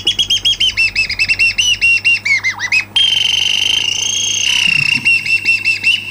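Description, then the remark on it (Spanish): A bird call sound effect: a rapid run of bright, high chirps, then a long, steady warbling whistle with a few final chirps, loud and bathed in reverb. “Como buen cuervo, ahí tiraste un pájaro, ¿eh?”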